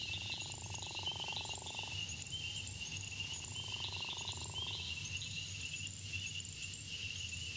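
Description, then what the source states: Gopher frog giving two drawn-out pulsed snoring calls over a steady high insect drone. Distinctive snoring call; Florida, dry sandy habitats; outside breeding season often lives in gopher tortoise burrows; breeds winter and early spring in the north, after heavy May–June rains in the south.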